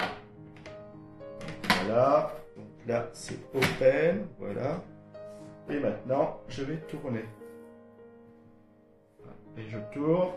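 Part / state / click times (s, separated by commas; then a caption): plastic base cover onto an air purifier housing / not seated / none. A plastic base cover is turned on a Levoit LV-H132 air purifier housing with a HEPA and carbon filter, as someone talks over background music. Nothing has seated or clicked yet; a quiet stretch with only music follows while the cover is rotated into position before locking.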